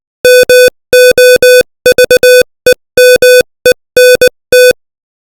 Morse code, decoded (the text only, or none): MOVEMENT